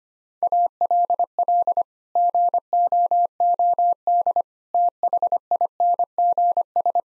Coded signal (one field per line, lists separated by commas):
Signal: Morse code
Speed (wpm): 25 wpm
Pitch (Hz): 700 Hz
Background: none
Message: ALL GOOD THINGS